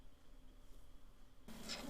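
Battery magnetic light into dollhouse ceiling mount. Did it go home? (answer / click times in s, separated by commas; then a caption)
no / none. A battery-powered magnetic miniature light is being handled and pressed toward its mount in a dollhouse ceiling, with quiet low rustling and faint scraping for most of the clip. A brighter, broader burst of handling noise rises near the end. The light has not seated or snapped into place yet.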